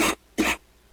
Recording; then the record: coughing mixed with background sound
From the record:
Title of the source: 61 morning phlegmy cough...again